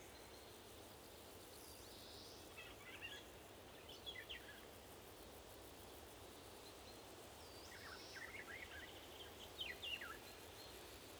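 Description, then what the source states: Eurasian golden oriole harsh, grating calls in two bursts of several notes each, separated by a few seconds of steady background hiss. Several golden orioles calling, described as talking.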